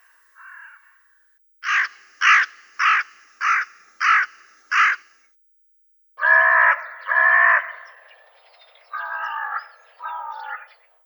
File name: Corvus cornix